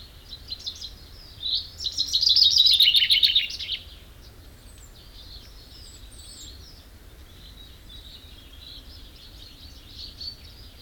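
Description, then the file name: Common chaffinch song: a loud, rapid rattling phrase of high notes lasting about two seconds, followed by faint scattered twittering. "Fringilla coelebs"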